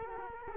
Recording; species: mosquito wingbeat signal from an infrared sensor; Culex quinquefasciatus